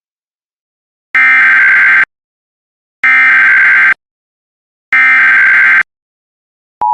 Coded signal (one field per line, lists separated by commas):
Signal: Emergency Alert System (SAME) tones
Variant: header bursts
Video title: EAS Compilation of Only Civil (Non-Weather) Alerts Vol. 1